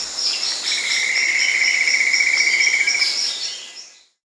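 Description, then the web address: Long-billed gnatwren song, a fast even trill on one steady pitch lasting about two and a half seconds, set against a dense high-pitched insect chorus that fades at the end. South America. "Natures Songs S America Long-billed Gnatwren"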